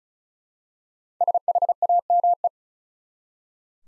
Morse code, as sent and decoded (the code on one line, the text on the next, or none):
... .... .- -- .
SHAME